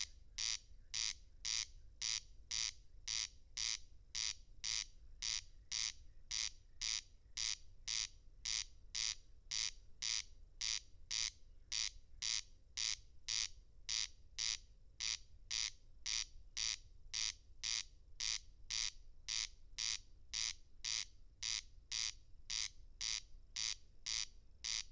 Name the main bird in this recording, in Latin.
Crex crex